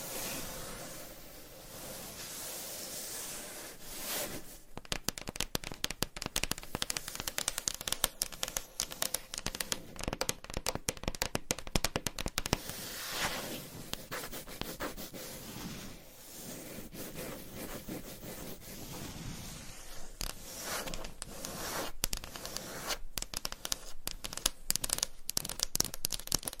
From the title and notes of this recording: ASMR Surface Scratching - Tapping - Tracing. Asmr No Talking.